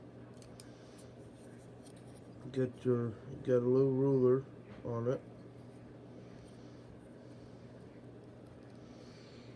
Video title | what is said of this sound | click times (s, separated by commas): Review of the Leatherman raptors | do lock into place get | 0.4 s, 0.6 s